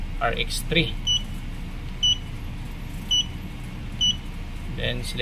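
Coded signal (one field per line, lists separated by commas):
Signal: none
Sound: a receiver's key beeps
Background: speech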